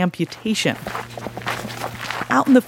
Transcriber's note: soundbite of gravel crunching